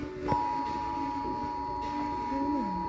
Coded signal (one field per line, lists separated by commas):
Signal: Emergency Alert System (SAME) tones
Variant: 853 and 960 Hz attention tone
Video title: Required Monthly Test EAS #66